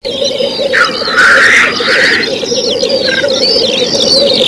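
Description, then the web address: Black grouse lekking: steady low bubbling cooing runs throughout, broken by loud hissing bursts, with high chirping above. "glo cietrze"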